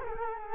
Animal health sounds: mosquito wingbeat signal from an infrared sensor; Culex quinquefasciatus

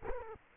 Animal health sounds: mosquito wingbeat signal from an infrared sensor; Culex quinquefasciatus

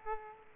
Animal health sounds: mosquito wingbeat signal from an infrared sensor; Aedes aegypti

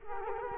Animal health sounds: mosquito wingbeat signal from an infrared sensor; Culex quinquefasciatus

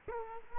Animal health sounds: mosquito wingbeat signal from an infrared sensor; Culex quinquefasciatus

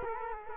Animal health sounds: mosquito wingbeat signal from an infrared sensor; Culex quinquefasciatus

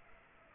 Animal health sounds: mosquito wingbeat signal from an infrared sensor; Culex pipiens

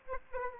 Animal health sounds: mosquito wingbeat signal from an infrared sensor; Aedes aegypti

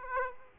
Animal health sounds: mosquito wingbeat signal from an infrared sensor; Aedes aegypti

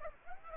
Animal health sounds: mosquito wingbeat signal from an infrared sensor; Aedes aegypti

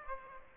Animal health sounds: mosquito wingbeat signal from an infrared sensor; Aedes aegypti

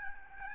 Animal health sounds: mosquito wingbeat signal from an infrared sensor; Aedes albopictus

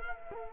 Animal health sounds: mosquito wingbeat signal from an infrared sensor; Culex quinquefasciatus

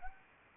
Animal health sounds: mosquito wingbeat signal from an infrared sensor; Anopheles arabiensis

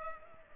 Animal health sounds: mosquito wingbeat signal from an infrared sensor; Culex pipiens

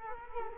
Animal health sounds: mosquito wingbeat signal from an infrared sensor; Culex quinquefasciatus

